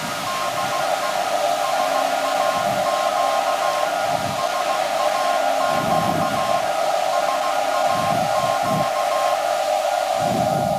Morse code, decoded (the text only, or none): DE SAQ SAQ SAQ